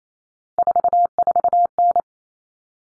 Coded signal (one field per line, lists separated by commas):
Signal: Morse code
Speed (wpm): 28 wpm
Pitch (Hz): 700 Hz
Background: none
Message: 44N